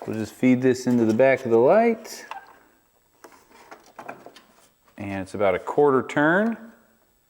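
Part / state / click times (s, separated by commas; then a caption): bulb socket into truck corner light housing / not seated / none. A corner light bulb socket for an 88-93 GMC full-size truck is fed into the back of the plastic lamp housing, ready for a quarter turn to lock it in. Someone talks, and between about 3.2 and 4.4 seconds there are faint handling clicks and scrapes. Nothing has seated or clicked yet.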